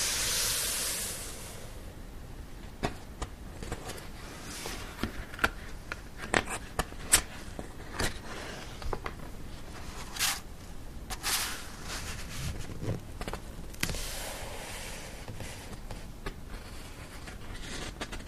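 Pages of a book being turned: brief papery rustles and crisp flicks scattered through the clip, a few longer swishes near the middle and around fourteen seconds. A soft hiss opens the first second or so, then a low, steady background murmur.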